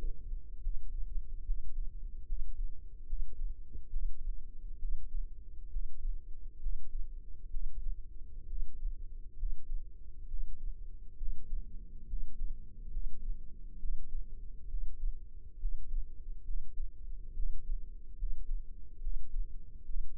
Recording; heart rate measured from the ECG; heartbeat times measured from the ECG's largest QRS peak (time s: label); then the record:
heart sounds by microphone in the left ear; 69 bpm
0.59 s: heartbeat
1.43 s: heartbeat
2.25 s: heartbeat
3.06 s: heartbeat
3.89 s: heartbeat
4.78 s: heartbeat
5.69 s: heartbeat
6.59 s: heartbeat
7.50 s: heartbeat
8.46 s: heartbeat
9.36 s: heartbeat
10.27 s: heartbeat
11.16 s: heartbeat
12.06 s: heartbeat
12.89 s: heartbeat
13.78 s: heartbeat
14.67 s: heartbeat
15.58 s: heartbeat
16.43 s: heartbeat
17.33 s: heartbeat
18.16 s: heartbeat
19.00 s: heartbeat
19.84 s: heartbeat
From the record:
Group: healthy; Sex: male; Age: 35 years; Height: 178 cm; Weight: 64 kg